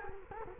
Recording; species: mosquito wingbeat signal from an infrared sensor; Culex quinquefasciatus